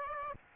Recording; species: mosquito wingbeat signal from an infrared sensor; Aedes aegypti